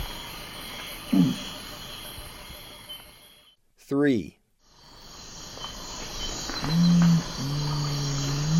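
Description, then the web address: Nocturnal Curassow with a brief low hoot early, then a deep humming phrase near the end, amid insect buzzing that drops out briefly around a short sweeping sound in the middle. Recorded in the eastern lowlands of South America. "Natures Songs S America Eastern Lowlands. Nocturnal Curassow"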